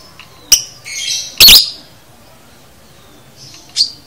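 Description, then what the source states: Lovebird giving a sharp chip, a buzzy chatter and a loud shriek, then a pause before thinner chirps. Masteran (training audio) for teaching a lovebird the konslet chatter style.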